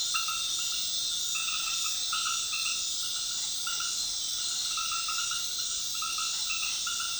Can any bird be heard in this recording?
no